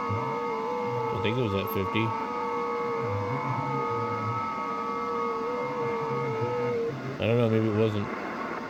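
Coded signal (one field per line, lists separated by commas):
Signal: FT8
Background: speech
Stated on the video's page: FT8 from an FTDX3000 transceiver driven through a SignaLink interface, with the radio keying up on its own.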